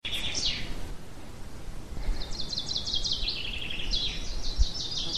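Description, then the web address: Bird song of quick, high repeated notes in trilled bursts, starting briefly then returning strongly midway, with a constant low background rumble throughout. Birds in a pine forest at Ardenno. "ardenno uccelli pineta"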